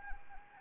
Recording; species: mosquito wingbeat signal from an infrared sensor; Anopheles arabiensis